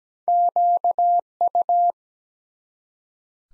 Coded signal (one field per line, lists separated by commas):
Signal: Morse code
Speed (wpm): 17 wpm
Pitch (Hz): 700 Hz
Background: none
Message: QU